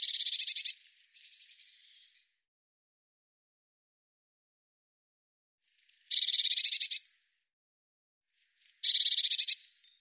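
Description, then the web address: Bird delivering loud, buzzy, rattling trills about a second long; one opens the passage with a softer tail, then two more come after a long silence. "cianscape birddata Deverinetal Bird Cy Ca"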